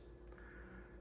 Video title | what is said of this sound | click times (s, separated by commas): 🧊 How to Replace Whirlpool Refrigerator Water Filter (EveryDrop Filter 1 - EDR1RXD1) | Step six, push the filter door closed so it snaps in place. | 0.3 s